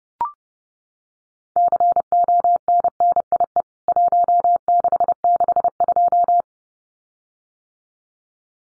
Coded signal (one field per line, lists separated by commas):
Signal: Morse code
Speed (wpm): 30 wpm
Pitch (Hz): 700 Hz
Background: none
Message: CONNIE 1662